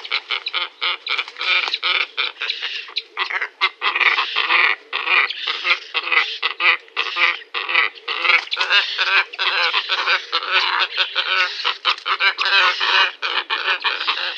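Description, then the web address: Glossy ibis chorus: a dense, continuous stream of rough, croaking grunts from many birds calling at once, barely pausing. "Schulze Peter Glossy Ibis"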